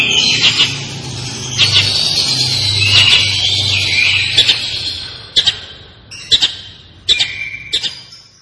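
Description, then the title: Long-tailed shrike pouring out a continuous harsh, chattering high warble, then a string of separate sharp clicks and brief whistled notes. Described as gacor. "Cendet Gacor"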